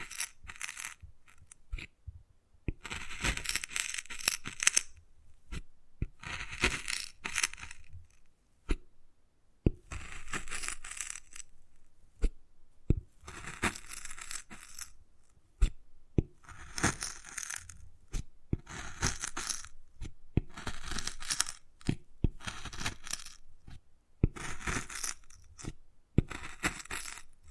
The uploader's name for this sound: Wood Carving, Tapping and Scratching Sounds